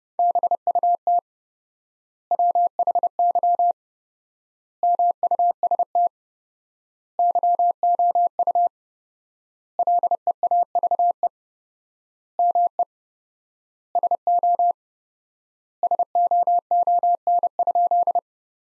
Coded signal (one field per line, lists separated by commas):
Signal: Morse code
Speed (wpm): 32 wpm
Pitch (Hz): 700 Hz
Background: none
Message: BUT WHY MUST YOU LEAVE ME SO SOON?